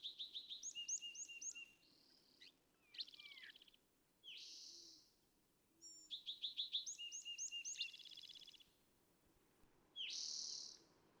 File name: California Thrasher